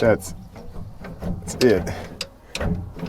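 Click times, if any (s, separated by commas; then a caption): none. During radiator work on a Cat skid steer getting a Perkins 3034 to Yanmar engine swap, a metal latch on an engine compartment part is pushed closed while someone talks. It clatters with sharp metallic knocks around 2.2 and 2.6 seconds. It does not catch, and nothing has latched yet.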